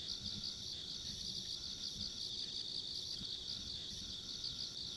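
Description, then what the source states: Shrill insect trills sound nonstop with a slight pulsing beat, accompanied by a high thin whine and a soft low-pitched rumble. Ambient insect sounds recorded along a country road.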